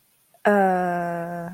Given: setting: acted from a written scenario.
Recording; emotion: vocal sound without words; embarrassment